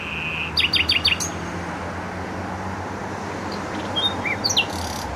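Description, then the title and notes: Nightingale song: a brief pure whistle, then a quick burst of repeated sharp notes, a quiet gap, and a few short varied notes over steady traffic hum. Singing in bushes close to a noisy motorway (Trasa Toruńska), Bródno-Podgrodzie, Warsaw, Poland; recorded with an Olympus LS-11. "Bródno-Podgrodzie, Warszawa, Polska - Trasa Toruńska Nightingale. nightingale singing in bushes close to noisy motorway. Recorder: Olympus LS-11"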